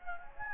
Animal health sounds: mosquito wingbeat signal from an infrared sensor; Anopheles gambiae

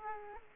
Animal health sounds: mosquito wingbeat signal from an infrared sensor; Aedes aegypti

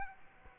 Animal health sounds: mosquito wingbeat signal from an infrared sensor; Aedes aegypti

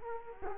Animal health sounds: mosquito wingbeat signal from an infrared sensor; Culex quinquefasciatus

